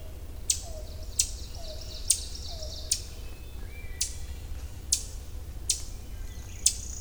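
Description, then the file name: Ovenbird giving crisp high chip notes about every second, a few lower slurred calls early on, and a steady low-pitched background hum. Chip calls recorded in Millington, Maryland, on 27 June 2010. "Ovenbird Chipping Millington MD"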